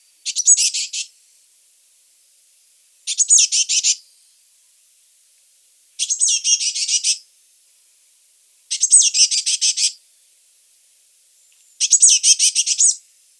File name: Cyanistes caeruleus